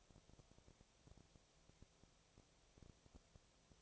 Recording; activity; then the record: daily activity, microphone in the room; no activity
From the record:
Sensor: 1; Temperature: 19.6 degrees Celsius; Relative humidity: 36.5%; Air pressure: 997.1 hPa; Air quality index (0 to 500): 204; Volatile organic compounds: 129 ppm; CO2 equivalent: 3922 ppm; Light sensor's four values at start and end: 1/2/1/1 and 1/2/1/1